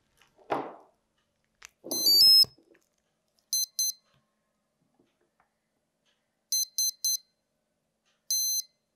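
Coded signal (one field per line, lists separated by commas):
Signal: beep code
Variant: ESC throttle calibration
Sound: rising three-note chime, then 2 short beeps, later 3 short beeps and 1 longer beep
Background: handling noise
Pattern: 2 short, 3 short, 1 long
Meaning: Two short beeps accept maximum throttle; three short plus one long confirm calibration with a 3S battery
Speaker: after connecting the battery you will hear one long beep and after that two short beats after hearing those two short beeps we need to move the stick to the minimum position then again you will hear three short beep plus one long okay let's see yeah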